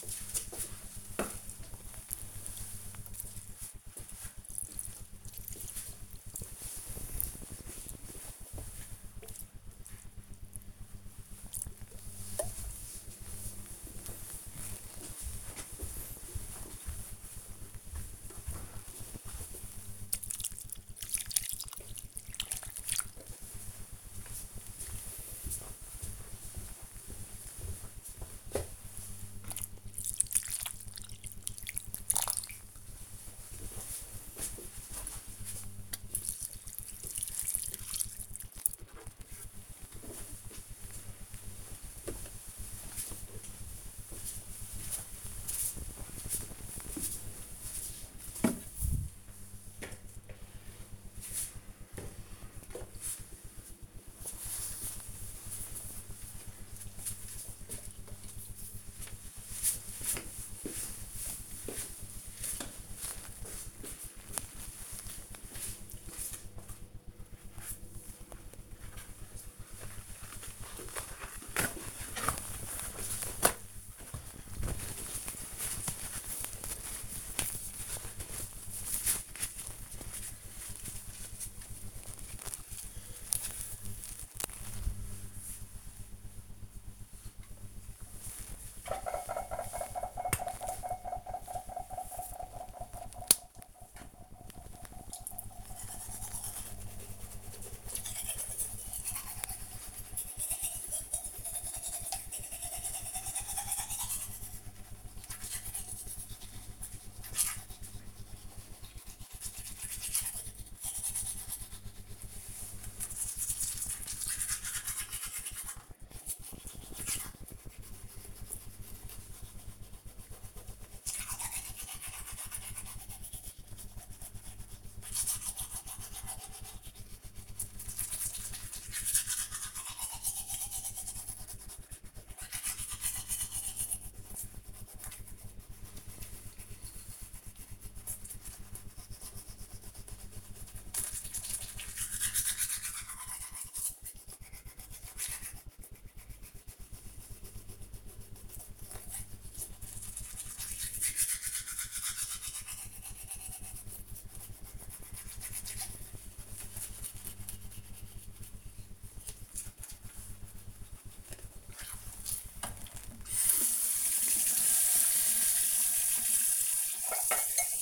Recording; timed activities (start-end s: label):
household activities, microphone on the right wrist
0.00-39.53 s: watering plant
86.87-167.82 s: brushing teeth